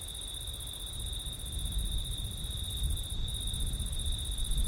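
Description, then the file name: Crickets keep up a steady high trill while a low wind rumble grows louder over the second half. Crickets on a September night in wind, recorded with an ORTF stereo setup. "crickets wind september night ortif"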